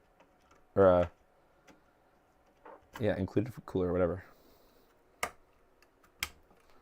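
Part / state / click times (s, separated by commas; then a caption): RAM module into motherboard DIMM slot / seated / 5.2 s, 6.2 s. Memory modules are pressed into the second and fourth DIMM slots (A2 and B2) of a motherboard while someone talks. Two loud, sharp snaps ring out at 5.2 s and 6.2 s as each module latches home and seats.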